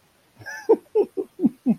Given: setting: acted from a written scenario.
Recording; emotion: vocal sound without words; amusement